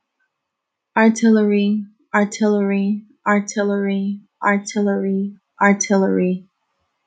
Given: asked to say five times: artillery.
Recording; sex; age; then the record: repeated word; female; 30 to 39 years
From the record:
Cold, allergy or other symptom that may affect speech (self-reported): no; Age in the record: 35 years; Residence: New York, United States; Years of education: 14